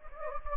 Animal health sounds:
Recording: mosquito wingbeat signal from an infrared sensor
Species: Anopheles gambiae

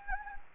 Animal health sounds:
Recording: mosquito wingbeat signal from an infrared sensor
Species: Anopheles gambiae

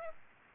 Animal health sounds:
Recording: mosquito wingbeat signal from an infrared sensor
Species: Aedes aegypti

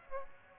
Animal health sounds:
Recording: mosquito wingbeat signal from an infrared sensor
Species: Aedes aegypti

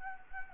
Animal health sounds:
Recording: mosquito wingbeat signal from an infrared sensor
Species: Anopheles gambiae

